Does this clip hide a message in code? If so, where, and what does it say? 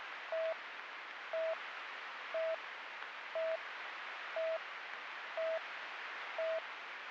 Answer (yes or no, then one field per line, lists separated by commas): no